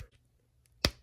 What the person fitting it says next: There you go. Pops right in really good.